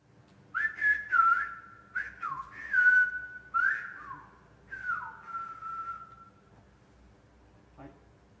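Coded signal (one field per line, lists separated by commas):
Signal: whistled language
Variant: Silbo Gomero rules, Basque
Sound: a single clear whistle gliding up and down in several phrase-like segments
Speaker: Una frase, bizitzak historia asko dauka, dicha por Antonio Echevarría. Yo la puedo traducir usando las mismas reglas y la puedo silbar.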